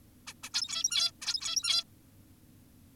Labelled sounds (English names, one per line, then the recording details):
Zebra Finch
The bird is an adult
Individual g17y2U